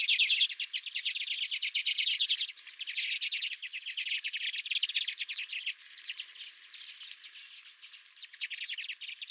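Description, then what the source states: Redpoll: rapid dry chatter, loud at first and dipping briefly near two and a half seconds. Several redpolls at the recordist's own feeder.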